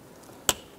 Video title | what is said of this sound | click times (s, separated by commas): How to Replace Spark Plugs 2005-2009 Subaru Outback | you hear it click into place | 0.5 s